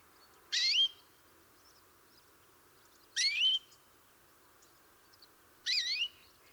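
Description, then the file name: European greenfinch calls, three short wheezy notes spaced about two and a half seconds apart, over a soft steady background hiss. "Chloris chloris"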